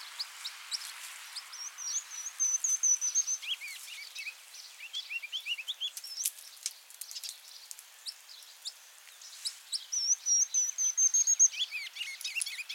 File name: Regulus calendula - Ruby-crowned Kinglet